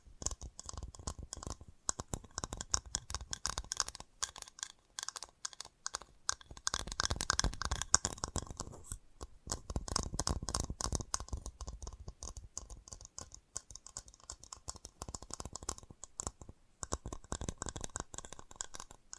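Fast tapping in dense, rapid clicks, much like typing on a keyboard, continuing with little pause through the whole stretch. The taps are sharp and bright with a dull low thump beneath, briefly thinning around nine seconds and again near seventeen before resuming.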